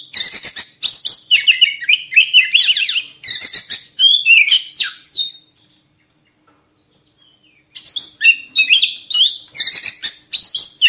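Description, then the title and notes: Oriental magpie-robin song, fast chattering and whistled phrases, a silent pause of about two seconds in the middle, then more scratchy song. Long-duration song used to train kept birds to sing actively, day and night. "Kacer Jadi Gacor Siang Malam. Isian Kacer Durasi Panjang"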